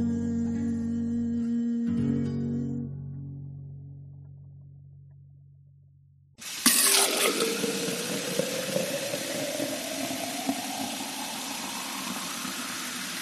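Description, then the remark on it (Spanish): A soft tonal hum fades out, then a sudden loud, steady rush of water running from a tap starts, with a resonant tone slowly rising in pitch as if a vessel were filling. “¿Alguna vez te preguntaste si a todos nos llega agua al tanque o de dónde viene el agua que sale de tu canilla?”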